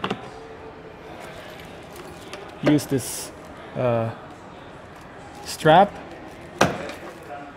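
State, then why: Seated. With the engine bay open on a 2018 Foton View Transvan 2.8 15-seater M/T, the support strap that holds the tipped-up front seat is hooked over its retaining catch on the seat frame through the hole in the strap. Someone talks, and a sharp knock sounds at 6.6 s as the strap locks in place.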